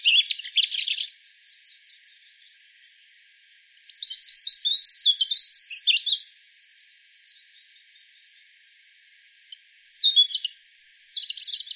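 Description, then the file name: European robin singing three separate phrases of liquid, twittering high notes, with quiet gaps between them. "Erithacus rubecula"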